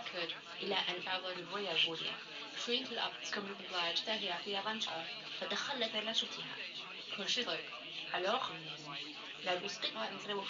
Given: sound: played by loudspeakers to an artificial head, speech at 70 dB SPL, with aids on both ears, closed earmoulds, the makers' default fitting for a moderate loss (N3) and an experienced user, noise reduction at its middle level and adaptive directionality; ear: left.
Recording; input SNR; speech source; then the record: speech test signal (ISTS) in cocktail-party noise; +9 dB; on the right (90 degrees)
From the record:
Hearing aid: class 1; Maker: G